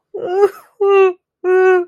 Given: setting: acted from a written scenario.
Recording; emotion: vocal sound without words; sadness